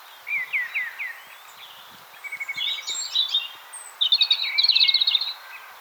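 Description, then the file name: European robin song opening with a few whistled notes, then a pause, thin trilled runs and a fast, bright twittering flourish. "Erithacus rubecula"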